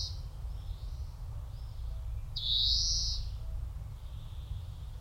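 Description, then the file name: European greenfinch giving one drawn-out nasal wheeze after faint softer notes, over a low rumble. "Chloris chloris"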